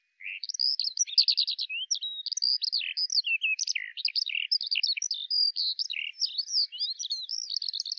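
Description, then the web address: Bird singing a continuous, hurried medley of high sharp chirps, short trills and whistled slurs, with no breaks across the whole stretch. "Deverinetal 2025 File cleaned normalized Bird Al Ar"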